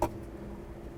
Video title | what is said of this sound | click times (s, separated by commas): How to Replace Rear Strut & Spring Assembly 2008-2012 Honda Accord | just press it in it'll snap into place | 0.0 s